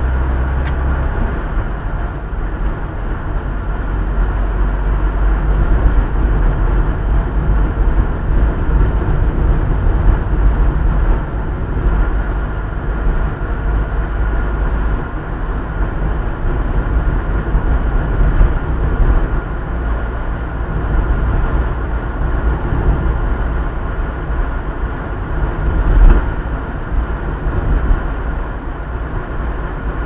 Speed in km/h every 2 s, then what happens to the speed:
36, 37, 38, 39, 40, 40, 40, 43, 45, 47, 47, 49, 49, 48, 48.
0-13 steady at about 39. 13-21 speeds up to 49. 21-30 steady at about 48.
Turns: none.